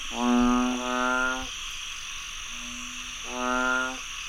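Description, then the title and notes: Frog croaks, long nasal droning calls rich in harmonics, two loud bouts with a softer steady tone between, over a constant high background hiss. Frogs croaking after heavy rainfall in Chiang Mai, Thailand. "Frogs croaking after heavy rainfall in Chiang Mai, Thailand. Alex Boyesen"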